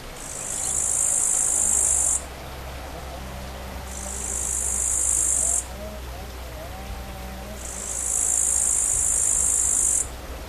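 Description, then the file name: Bush cricket song: high, hissing buzzes lasting about two seconds each, three bursts separated by short pauses, over a faint low hum. Recorded 5 August 2013 on a portable MiniDisc recorder (MZ-N710). "sauterelle 5 08 13"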